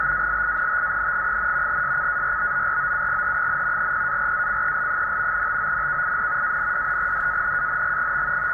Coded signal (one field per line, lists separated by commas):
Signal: NAVTEX (SITOR-B)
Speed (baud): 100 baud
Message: BALINTANG, SCARBOROUGH, PARACEL, TONKIN AND DANANG.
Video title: PAN-001: NAVTEX